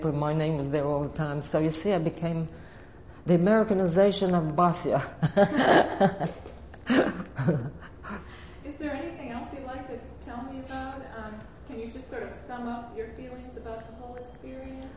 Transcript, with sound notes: My name was there all the time. So you see, I became, the Americanization of Basia. (She laughs.)
Is there anything else you would like to tell me about? Can you sort of just sum up your feelings about the whole experience?